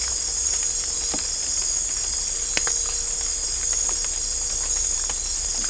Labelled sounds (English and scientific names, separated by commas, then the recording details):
none
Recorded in dense forest near Puerto Asís, Putumayo, Colombia, on 18 December 2024 at 01:00
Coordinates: 0.500, -76.322
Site G053